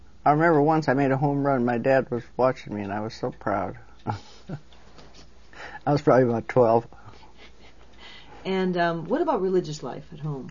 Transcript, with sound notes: I remember once I made a home run, my dad was watching me, and I was so proud. (Laughs) I was probably about twelve.
(Laughs) And, um, what about religious life at home?